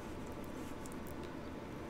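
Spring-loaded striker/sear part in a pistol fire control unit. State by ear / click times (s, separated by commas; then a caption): not seated / none. During reassembly of a Sig Sauer P320 pistol's fire control unit, the spring-loaded striker/sear part is pushed back to its rearward position against its spring, with only a faint hit at 0.9 s over low steady noise. Nothing snaps into place or clicks, because the sear is no longer there to hold it.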